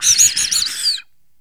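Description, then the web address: Bird chirping: a quick run of high, thin, warbling chirps for about a second, then silence. "Greytsounds VOL-1 BIRD CALL FX BIRD"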